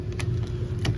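On a 2018 Cadillac Escalade, a finger pushes the locking tab down to secure a plastic windshield wiper blade onto the metal wiper arm, over a steady low hum with small ticks near 0.1 and 0.2 seconds. A sharp click at 0.9 seconds marks the blade locking onto the arm, and it is seated.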